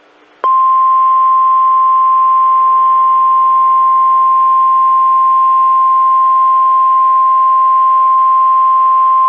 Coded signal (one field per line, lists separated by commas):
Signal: Emergency Alert System (SAME) tones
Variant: 1050 Hz attention tone